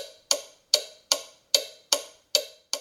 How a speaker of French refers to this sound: Derrière eux, la grande horloge battait monotone et régulière. Tonton Corentin écoutait ce bruit familial qui semblait mesurer des heures calmes, des heures de paix reposante, des heures de bonheur domestique.